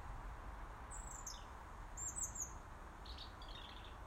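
Robin calls: a few very high, thin notes, then a softer lower warbled phrase near the end, against a continuous low rumble.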